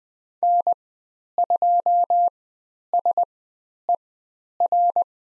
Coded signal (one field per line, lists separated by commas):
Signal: Morse code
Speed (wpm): 20 wpm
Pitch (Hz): 700 Hz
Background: none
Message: N2SER